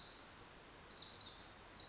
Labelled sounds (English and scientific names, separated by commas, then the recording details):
Pacific Wren (Troglodytes pacificus)
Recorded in Sonoma County, California